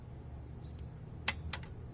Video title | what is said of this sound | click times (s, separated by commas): 2010- Ford Focus Valve cover gasket replacement | can hear it click it's that click mechanism | 1.3 s